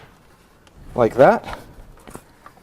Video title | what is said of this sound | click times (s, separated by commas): Saab 9-7x Seat Side Panel Replacement | should just snap right in like that | 0.7 s